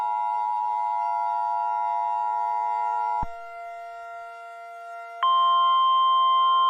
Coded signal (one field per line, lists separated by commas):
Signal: Emergency Alert System (SAME) tones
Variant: 853 and 960 Hz attention tone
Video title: EAS Mock: Deep in the Heart of Texas